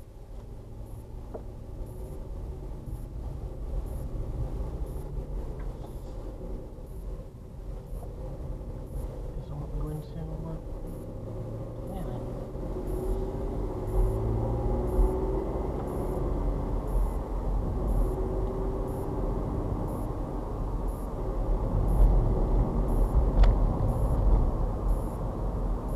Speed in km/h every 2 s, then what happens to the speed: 6, 6, 10, 16, 16, 16, 24, 31, 32, 35, 37, 40, 39.
2-5 speeds up to 16. 5-11 steady at about 16. 11-21 speeds up to 40.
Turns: 0-12.